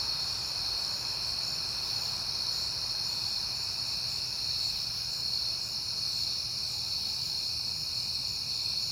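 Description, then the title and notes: Crickets keep a dense, even chorus of high trills throughout, with a low steady rumble in the background. Crickets at night in September, on a peaceful night. "Night Time: Crickets and Passing Cars. It is September and I have been hearing the crickets a lot"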